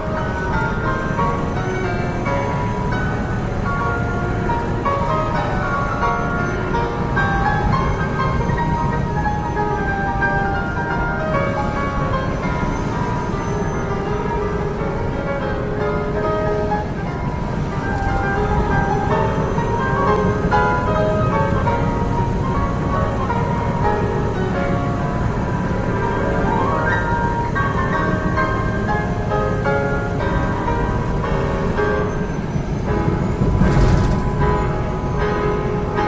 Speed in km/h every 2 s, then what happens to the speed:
98, 100, 98, 100, 100, 100, 100, 100, 100, 98, 98, 98, 97, 97, 93, 95, 93, 95.
0-36 steady at about 98.